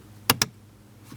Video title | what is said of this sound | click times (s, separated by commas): How to Replace Temperature Control HVAC Blend Door Actuator 2008-2016 Chrysler Town & Country | There's our audible click, a light tug. | 0.3 s, 0.4 s